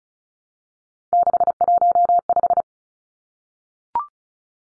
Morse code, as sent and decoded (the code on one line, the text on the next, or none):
-.... .---- .....
615